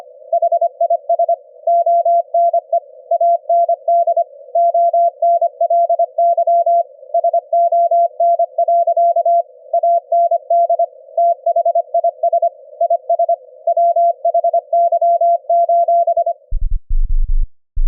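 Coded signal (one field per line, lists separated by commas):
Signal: Morse code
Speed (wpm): 25 wpm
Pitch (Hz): 680 Hz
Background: music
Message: HIS ONE AND ONLY SON. AND THIS IS WHY:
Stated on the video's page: CW sent by a keyer directly at 25 Hz in the ELF band at 25 wpm, received and demodulated with an SDR application.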